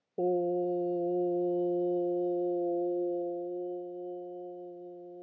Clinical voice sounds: sustained vowel /u/; female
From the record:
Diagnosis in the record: healthy control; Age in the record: 61 years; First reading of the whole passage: 59 s, 8.5 characters per second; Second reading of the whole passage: 54 s, 7.6 characters per second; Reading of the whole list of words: 57 s, 4.9 characters per second

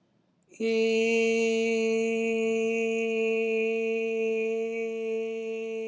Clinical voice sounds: sustained vowel /i/; female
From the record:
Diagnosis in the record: healthy control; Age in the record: 69 years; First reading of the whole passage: 57 s, 9.1 characters per second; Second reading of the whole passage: 50 s, 10.4 characters per second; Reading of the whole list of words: 47 s, 6.0 characters per second

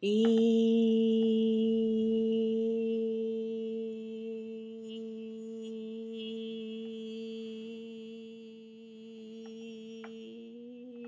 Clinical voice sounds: sustained vowel /i/; female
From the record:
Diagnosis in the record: healthy control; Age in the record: 60 years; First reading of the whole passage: 59 s, 7.9 characters per second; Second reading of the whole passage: 55 s, 8.5 characters per second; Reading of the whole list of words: 44 s, 6.4 characters per second

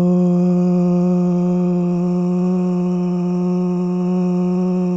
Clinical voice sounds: sustained vowel /o/; male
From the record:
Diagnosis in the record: Parkinson's disease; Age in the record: 65 years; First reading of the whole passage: 164 s, 3.2 characters per second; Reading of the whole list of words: 151 s, 1.9 characters per second

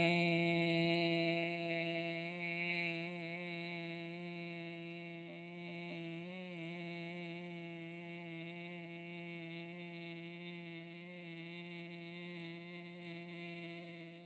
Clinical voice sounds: sustained vowel /e/; female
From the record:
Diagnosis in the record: healthy control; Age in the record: 68 years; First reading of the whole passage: 56 s, 9.3 characters per second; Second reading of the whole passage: 53 s, 9.8 characters per second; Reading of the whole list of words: 52 s, 5.4 characters per second

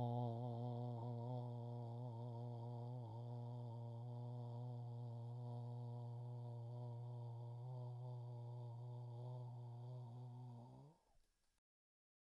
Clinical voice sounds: sustained vowel /o/; male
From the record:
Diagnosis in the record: Parkinson's disease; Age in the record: 68 years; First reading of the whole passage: 84 s, 6.2 characters per second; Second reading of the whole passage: 63 s, 8.2 characters per second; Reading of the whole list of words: 57 s, 5.0 characters per second

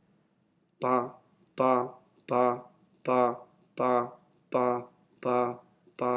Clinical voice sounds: repeated syllable /pa/; male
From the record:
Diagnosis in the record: healthy control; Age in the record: 60 years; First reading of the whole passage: 60 s, 8.3 characters per second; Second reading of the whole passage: 54 s, 9.4 characters per second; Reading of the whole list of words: 38 s, 7.2 characters per second

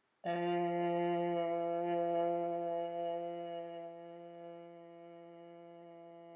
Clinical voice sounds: sustained vowel /e/; female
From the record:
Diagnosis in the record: healthy control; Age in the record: 69 years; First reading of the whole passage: 64 s, 7.9 characters per second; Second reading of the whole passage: 54 s, 9.5 characters per second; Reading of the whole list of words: 33 s, 8.4 characters per second

